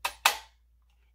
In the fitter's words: So logo goes in first, and we're going to hear it click.